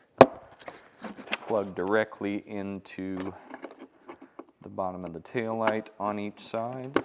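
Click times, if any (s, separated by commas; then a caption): none. A Curt plastic T-connector on a trailer wiring harness is handled at the bottom connector of a 2025 Kia Sorento tail light. A sharp, loud hit comes at 0.2 s, with quieter taps around 0.6 s, 1.3 s, 3.6 s and 4.1 to 4.5 s, while someone talks. Nothing has seated or clicked yet.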